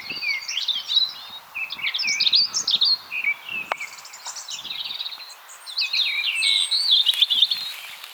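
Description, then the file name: European robin singing rapid, sweet, high-pitched warbles that rise and fall, with trilled passages and sharp thin notes between brief gaps. "Erithacus rubecula"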